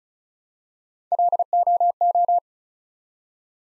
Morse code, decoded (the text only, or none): LOO